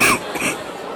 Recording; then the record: coughing mixed with background sound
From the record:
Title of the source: 31 night wet cough